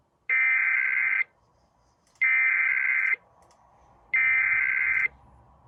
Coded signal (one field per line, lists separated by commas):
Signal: Emergency Alert System (SAME) tones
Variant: header bursts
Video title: EAS 1440-1443: Ohio Severe Weather Awareness Week Alerts